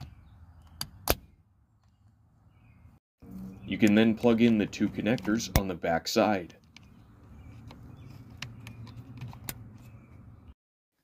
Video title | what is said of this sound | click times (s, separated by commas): How to Install Cruise Control - Jeep Cherokee XJ ['97-'01] | the clock spring slides on the shaft and clicks into place | 0.8 s, 1.1 s